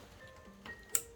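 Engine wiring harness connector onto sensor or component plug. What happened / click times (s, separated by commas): The connector clicked home / 1.0 s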